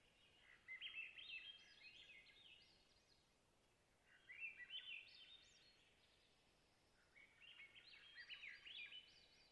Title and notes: Swainson's Thrush - Catharus Ustulatus - surrounded. Location: Long Lake, Talkeetna, AK